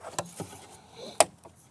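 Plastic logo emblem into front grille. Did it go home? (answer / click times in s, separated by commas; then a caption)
yes / 1.2 s. A new plastic Ford logo emblem is pressed into the front grille of a 2005–2007 Ford Super Duty truck. After a few faint soft knocks, a sharp, loud snap is heard at 1.2 s. The emblem is seated, snapped into place in the grille.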